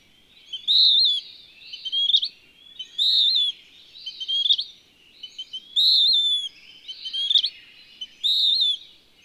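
Bird singing a steady cycle: a clean, high whistled note with a gentle wobble, then a jumbled twitter ending in a flicked upward note, repeated about four times.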